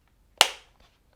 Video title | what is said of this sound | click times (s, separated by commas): Zyber Prescription Lens For Oculus Meta Quest 2 - My Review | Here we go. I heard the click. | 0.4 s